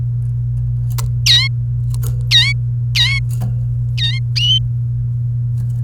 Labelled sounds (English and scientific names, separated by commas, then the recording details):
Domestic Canary (Serinus canaria) song
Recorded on 28 April 2018 at 09:56
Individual llb3